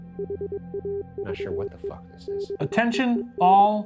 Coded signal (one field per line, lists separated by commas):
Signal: Morse code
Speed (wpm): 22 wpm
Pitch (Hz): 400 Hz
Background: speech, music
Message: HAVE BEEN